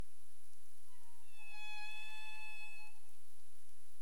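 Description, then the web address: Humpback whale call: one long, richly harmonic tone that dips slightly, then holds nearly level for about two seconds before ending, over a faint constant high tone. 27 April 2035, 22:41:31 UTC. "CARIMAM. humpback whale"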